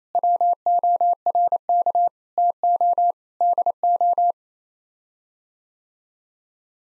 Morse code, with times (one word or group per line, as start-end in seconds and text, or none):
0.1-2.1 WORK
2.4-3.1 TO
3.4-4.3 DO